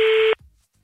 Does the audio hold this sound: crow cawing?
no